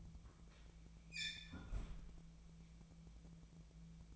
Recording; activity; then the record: daily activity, microphone in the room; close fridge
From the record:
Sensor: 1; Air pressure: 1000.1 hPa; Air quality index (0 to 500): 134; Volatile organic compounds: 2 ppm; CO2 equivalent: 1267 ppm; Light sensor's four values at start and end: 37/94/39/48 and 37/94/39/48